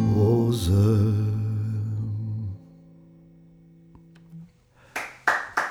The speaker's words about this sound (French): Alors là, c'était l'ingénieur du son qui applaudissait